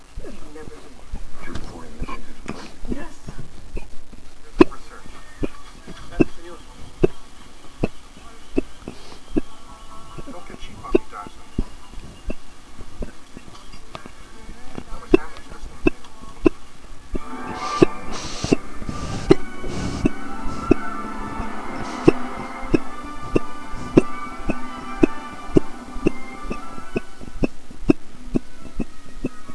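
An adult hiccupping really, really fast: sharp hiccups repeating in quick succession (singultus).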